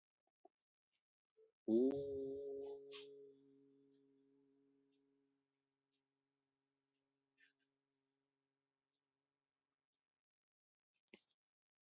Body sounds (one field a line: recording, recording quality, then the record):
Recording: sustained vowel as in boot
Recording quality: moderate, slight background noise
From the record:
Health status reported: exposed to COVID-19, no respiratory illness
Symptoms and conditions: none ticked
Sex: male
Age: 32 years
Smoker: not ticked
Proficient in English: yes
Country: India